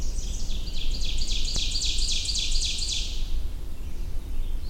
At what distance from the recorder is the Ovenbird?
about 20 m